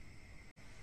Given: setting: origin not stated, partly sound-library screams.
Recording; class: one-second piece from a danger detection set; normal situation